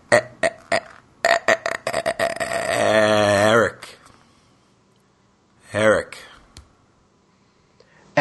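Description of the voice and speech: An adult man's burst of rapid, tense repeated sound attempts ends in a strained, drawn-out vowel on his own name. After a pause of nearly two seconds, he says the name again more easily. This is a stuttering cancellation: he pauses after the stutter, then repeats the word with an easier stutter. He has stuttered on his name many times.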